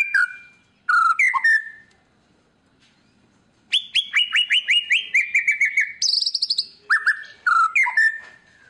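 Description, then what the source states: White-rumped shama singing rich whistled phrases and fast descending trill series, broken by a brief quiet gap mid-way. Song played as a lure to draw a response from other birds.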